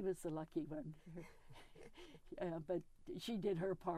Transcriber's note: chuckles